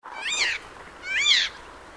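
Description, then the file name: Eurasian jay giving two loud, harmonic, mewing calls that rise and fall, each about half a second long, separated by a short pause against faint background noise. "Garrulus glandarius"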